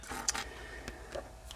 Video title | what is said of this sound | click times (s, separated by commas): WYZE CAM V2 WIFI ANTENNA EXTENSION - Opinionated Horsewoman | okay i have attached this it made a nice click | 0.3 s